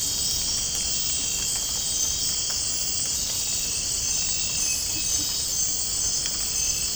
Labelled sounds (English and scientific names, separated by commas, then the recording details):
none
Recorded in dense forest near Puerto Asís, Putumayo, Colombia, on 13 March 2025 at 23:30
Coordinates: 0.467, -76.328
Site G041